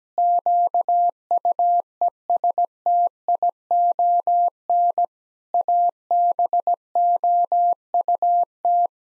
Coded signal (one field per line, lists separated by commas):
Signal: Morse code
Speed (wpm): 17 wpm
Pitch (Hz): 700 Hz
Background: none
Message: QUESTION ABOUT